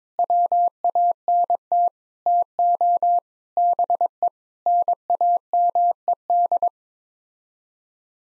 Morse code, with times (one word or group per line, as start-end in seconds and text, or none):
0.2-1.9 WANT
2.3-3.2 TO
3.6-4.3 BE
4.7-6.7 NAMED